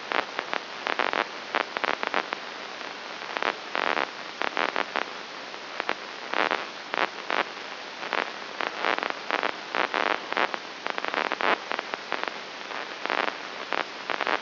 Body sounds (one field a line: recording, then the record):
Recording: brain microelectrode recording played as sound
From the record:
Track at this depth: inside the subthalamic nucleus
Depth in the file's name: 2.901 mm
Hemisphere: right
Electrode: 3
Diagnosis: Parkinson's disease